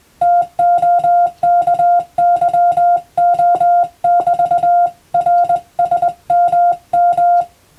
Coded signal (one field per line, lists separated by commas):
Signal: Morse code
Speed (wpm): 20 wpm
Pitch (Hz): 700 Hz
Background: music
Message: TOKYO<BT>RSMM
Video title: そうだ！今年はYouTubeでモールス信号をマスターしよう！スマホ全盛の今でも行われているモールスの国家試験の練習風景です。アマチュア無線の受信練習にどうぞ(morse code practice )